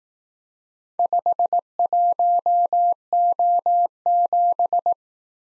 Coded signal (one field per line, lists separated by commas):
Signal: Morse code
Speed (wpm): 18 wpm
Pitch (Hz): 700 Hz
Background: none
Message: 51O7